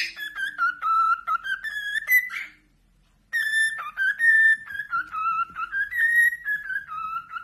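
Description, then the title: Cockatiel whistling a flowing, tune-like series of notes that step up and down, pausing once for about a second before carrying on. "Calopsitas Cantando Assobio"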